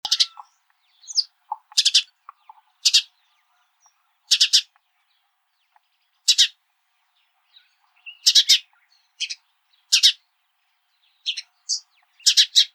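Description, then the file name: House sparrow giving repeated harsh double chirps at irregular intervals, with a few thinner notes scattered between, quiet background. "Passer domesticus"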